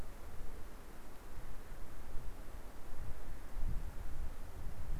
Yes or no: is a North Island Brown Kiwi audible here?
no